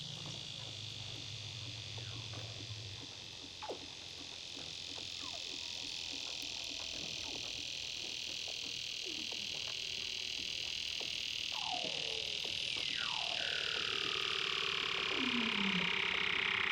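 Weddell seals underwater give descending whistles and sweeping chirps, clustering after eleven seconds, over a constant high hiss and faint clicking.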